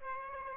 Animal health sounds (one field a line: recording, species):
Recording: mosquito wingbeat signal from an infrared sensor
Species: Aedes aegypti